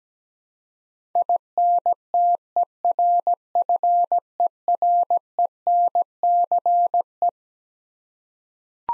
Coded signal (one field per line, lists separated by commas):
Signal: Morse code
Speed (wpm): 17 wpm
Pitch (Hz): 700 Hz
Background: none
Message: INTERFERENCE